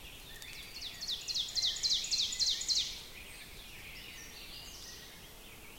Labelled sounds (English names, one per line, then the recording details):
Ovenbird song
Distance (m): 45 m
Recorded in boreal forest in Alberta, Canada, on 5 June 2016 at 07:17
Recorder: SongMeter 3, array SBT-3-51
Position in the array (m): 257 m, 126 m
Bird 28